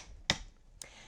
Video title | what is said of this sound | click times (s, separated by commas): Uppababy Cruz vs Nuna Mixx2 Stroller Comparison | Now this is the Nuna Pipa, and it's going to click right into those adaptors. | 0.3 s